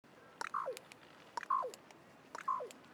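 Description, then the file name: Carrion crow calling three times, roughly once a second, each a short hoarse note that slurs downward, against a quiet background. "Corvus corone"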